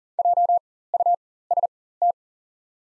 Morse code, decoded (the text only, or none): JUST